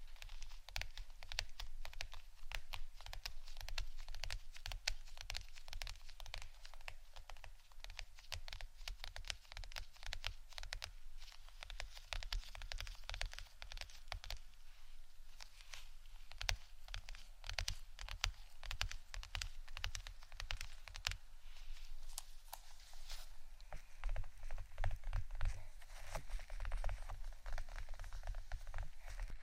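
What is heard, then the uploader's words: Tapping goes on throughout, a dense run of sharp, bright clicks with brief pauses and changes in pace. A low steady hum sits underneath the whole time. Near the end the taps grow a little louder and crowd closer together. ASMR 2 Types Of Tapping（No Talking）.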